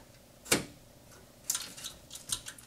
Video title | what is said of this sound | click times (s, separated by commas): How to Build a High Performance PC | And then you just slide your hard drive down and wait for the click. | 0.5 s, 1.5 s